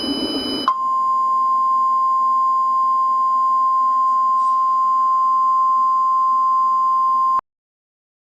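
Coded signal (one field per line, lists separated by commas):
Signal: Emergency Alert System (SAME) tones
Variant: 1050 Hz attention tone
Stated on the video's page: Fictional PDS tornado warning EAS, not a real event.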